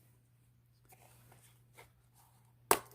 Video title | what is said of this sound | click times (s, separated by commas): (685) Off Grid Knives Camping and Survival Kit | Unsnaps fairly well, but man, | 2.7 s